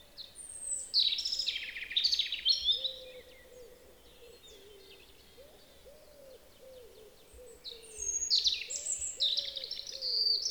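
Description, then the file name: European robin song in two high, sparkling bursts of varied whistles and trills, with a low, soft, repeated cooing note underneath. "Erithacus rubecula"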